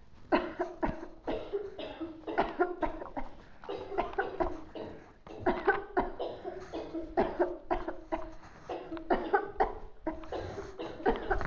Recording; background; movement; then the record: voluntary coughing; a bystander coughing; sitting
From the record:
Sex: female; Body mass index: 18.8 kg/m2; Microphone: on the chest, facing outward